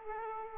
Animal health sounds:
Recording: mosquito wingbeat signal from an infrared sensor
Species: Aedes aegypti

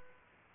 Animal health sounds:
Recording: mosquito wingbeat signal from an infrared sensor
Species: Aedes aegypti

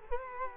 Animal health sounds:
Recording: mosquito wingbeat signal from an infrared sensor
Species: Culex quinquefasciatus

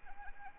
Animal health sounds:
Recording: mosquito wingbeat signal from an infrared sensor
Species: Anopheles arabiensis

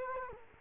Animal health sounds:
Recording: mosquito wingbeat signal from an infrared sensor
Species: Culex quinquefasciatus

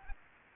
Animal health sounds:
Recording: mosquito wingbeat signal from an infrared sensor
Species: Aedes aegypti

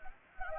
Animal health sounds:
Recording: mosquito wingbeat signal from an infrared sensor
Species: Anopheles gambiae

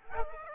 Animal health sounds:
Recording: mosquito wingbeat signal from an infrared sensor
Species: Aedes aegypti

